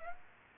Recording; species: mosquito wingbeat signal from an infrared sensor; Aedes aegypti